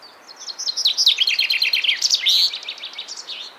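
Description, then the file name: Common chaffinch song: a fast series of bright trilled notes stepping downward, then a flourish, followed by a few further notes. "Fringilla coelebs"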